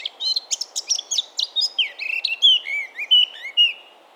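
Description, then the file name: Eurasian blackcap song: a fast, varied scratchy warble that breaks into clear, fluty whistles in its second half. "Sylvia atricapilla"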